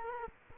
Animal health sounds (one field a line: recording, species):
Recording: mosquito wingbeat signal from an infrared sensor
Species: Culex quinquefasciatus